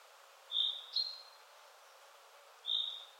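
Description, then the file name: Common chaffinch call notes, a quick high pair of thin tonal chirps followed after a pause by a single similar note, with light background hiss. "Fringilla coelebs"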